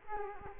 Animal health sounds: mosquito wingbeat signal from an infrared sensor; Culex quinquefasciatus

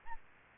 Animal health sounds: mosquito wingbeat signal from an infrared sensor; Aedes albopictus

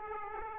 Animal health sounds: mosquito wingbeat signal from an infrared sensor; Aedes aegypti

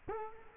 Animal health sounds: mosquito wingbeat signal from an infrared sensor; Culex quinquefasciatus

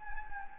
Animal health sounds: mosquito wingbeat signal from an infrared sensor; Anopheles gambiae

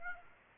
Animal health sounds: mosquito wingbeat signal from an infrared sensor; Aedes aegypti

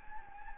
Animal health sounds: mosquito wingbeat signal from an infrared sensor; Anopheles gambiae

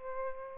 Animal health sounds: mosquito wingbeat signal from an infrared sensor; Aedes albopictus

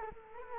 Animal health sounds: mosquito wingbeat signal from an infrared sensor; Culex quinquefasciatus

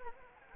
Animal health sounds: mosquito wingbeat signal from an infrared sensor; Anopheles gambiae

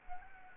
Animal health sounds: mosquito wingbeat signal from an infrared sensor; Anopheles gambiae

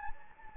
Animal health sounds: mosquito wingbeat signal from an infrared sensor; Anopheles gambiae

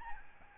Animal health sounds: mosquito wingbeat signal from an infrared sensor; Aedes albopictus

